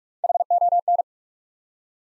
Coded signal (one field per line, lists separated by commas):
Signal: Morse code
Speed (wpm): 44 wpm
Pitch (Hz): 700 Hz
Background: none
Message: HON